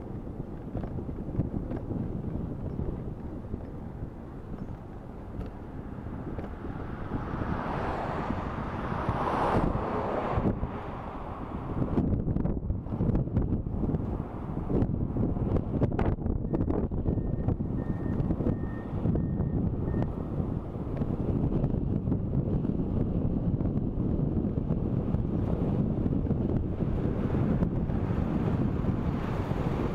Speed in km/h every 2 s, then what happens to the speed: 18, 18, 19, 19, 19, 19, 19, 19, 19, 19, 19, 20, 19, 20, 21.
0-30 steady at about 19.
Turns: none.